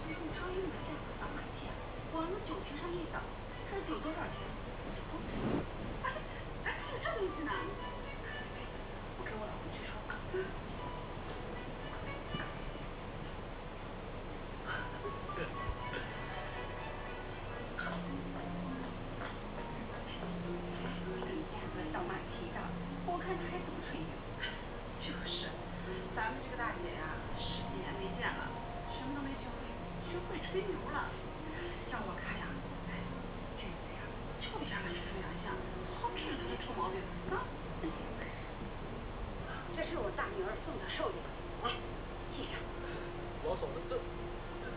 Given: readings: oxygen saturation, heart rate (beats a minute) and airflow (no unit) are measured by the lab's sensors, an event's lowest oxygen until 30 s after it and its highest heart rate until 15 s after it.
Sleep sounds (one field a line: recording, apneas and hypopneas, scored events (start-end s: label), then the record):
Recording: a person awake in a sleep study, by a voice recorder at the bedside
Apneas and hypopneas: none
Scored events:
0.00-44.77 s: awake
From the record:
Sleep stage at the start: awake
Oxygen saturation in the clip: 93 to 94%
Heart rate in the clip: 57 to 65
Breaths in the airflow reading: 15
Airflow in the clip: -6.7 to 7.1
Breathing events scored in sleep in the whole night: 476 in 9.7 hours asleep